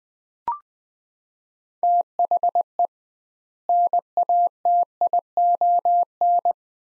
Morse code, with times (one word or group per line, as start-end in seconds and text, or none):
1.8-2.9 THE
3.7-6.5 NATION